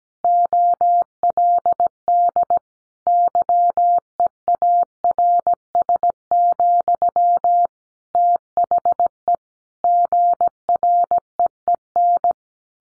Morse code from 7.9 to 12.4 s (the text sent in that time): THE GREEN